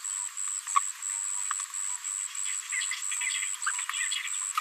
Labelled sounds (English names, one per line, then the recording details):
Green-rumped Parrotlet babbling
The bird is a female
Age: 23 days
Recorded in a nest box in Venezuela
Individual 17B73B2